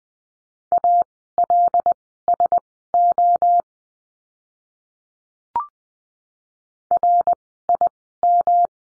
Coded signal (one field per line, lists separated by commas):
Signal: Morse code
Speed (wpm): 20 wpm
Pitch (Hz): 700 Hz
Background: none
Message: ALSO RIM